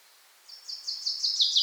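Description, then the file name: Common chaffinch, a quick series of high, repeated notes that builds steadily louder and is cut off mid-phrase. "Fringilla coelebs"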